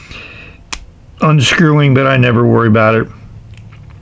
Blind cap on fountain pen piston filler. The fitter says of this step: comes off and it it locks in place as some people always concerned about this